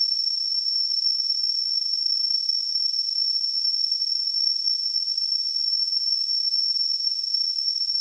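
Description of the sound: A steady, piercing high-pitched whistle near 6 kHz rides on a faint airy hiss, unchanging for the full eight seconds. It is a simulation of tinnitus, the ringing or whistling heard in the ears without any outside sound.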